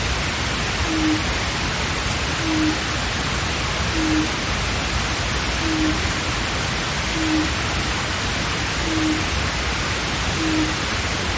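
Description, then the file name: Japanese night heron hooting low and muffled, seven evenly spaced notes about one and a half seconds apart, against a constant wash of hiss. "mizogoi"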